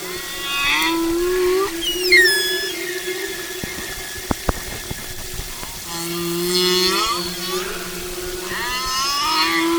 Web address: humpback whale music